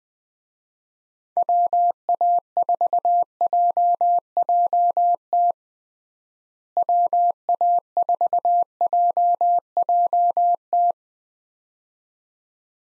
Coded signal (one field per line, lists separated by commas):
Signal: Morse code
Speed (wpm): 21 wpm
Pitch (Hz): 700 Hz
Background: none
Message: WA4JJT WA4JJT